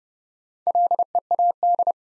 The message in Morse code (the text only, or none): LEAD